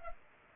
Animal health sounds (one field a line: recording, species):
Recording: mosquito wingbeat signal from an infrared sensor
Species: Culex pipiens